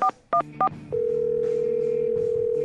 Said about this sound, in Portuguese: E só pra não dizer que eu não tentei, olha só, eu vou ligar agora pra mais um político aqui. Vamos lá, esse eu acho que vai topar, né? Discando.